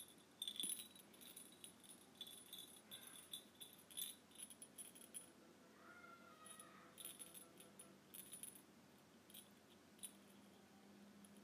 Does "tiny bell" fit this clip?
yes